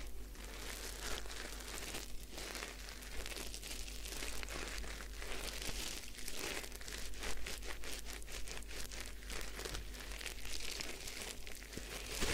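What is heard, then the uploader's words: A head spa hair wash: dense, steady crinkling and rustling fills the whole stretch, like fingers working through wet, soapy hair. Faint brief crackles and soft scrubbing strokes come and go every second or so, over a constant low hum underneath. Head Spa Hair Wash, Massage, Ear Cleaning (No Talking).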